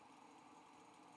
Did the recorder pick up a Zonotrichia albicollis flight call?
no